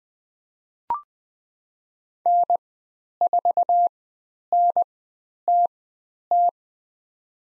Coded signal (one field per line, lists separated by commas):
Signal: Morse code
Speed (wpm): 20 wpm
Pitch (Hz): 700 Hz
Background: none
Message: N4NTT